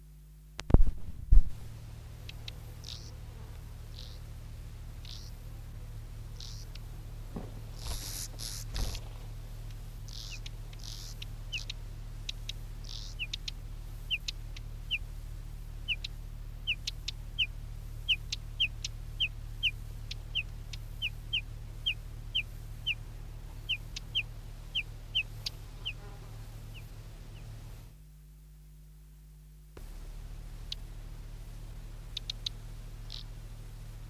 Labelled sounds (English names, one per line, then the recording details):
Whinchat call
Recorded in the wild
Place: Ventschau (Tosterglope), Niedersachsen, DE
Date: 1972-08-04
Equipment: Halbspur, 9,5 cm/s
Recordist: Lütgens, Hans